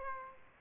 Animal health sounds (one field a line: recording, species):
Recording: mosquito wingbeat signal from an infrared sensor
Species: Aedes aegypti